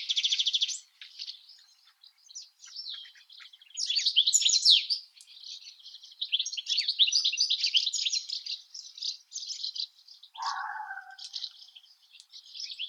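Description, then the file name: European goldfinch delivering long, rambling twittering song with buzzy trills and liquid notes, briefly overlapped by a lower harsh sound near the end. "CSHegol Carduelis carduelis"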